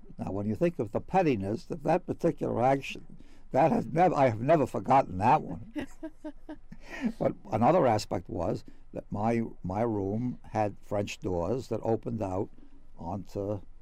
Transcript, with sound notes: Now, when you think of the pettiness that that particular action, that has never — I have never forgotten that one. [Laughs] But another aspect was that my — my room had French doors that opened out onto